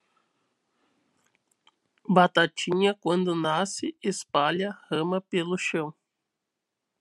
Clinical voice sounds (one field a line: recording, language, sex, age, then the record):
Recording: short text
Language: Brazilian Portuguese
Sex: male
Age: 20 to 29 years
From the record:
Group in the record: control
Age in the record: 27 years